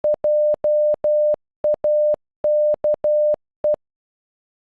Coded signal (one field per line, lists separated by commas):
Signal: Morse code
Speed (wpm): 12 wpm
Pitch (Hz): 600 Hz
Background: none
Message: JAKE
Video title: Jake in Morse code